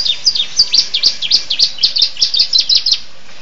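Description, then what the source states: Canary song of quick high chirping notes repeated rapidly in an uneven, jerky series, bright and sharp throughout the short passage. Canary song in the style of the bar-winged prinia, a song style known locally as kenari rasa ciblek.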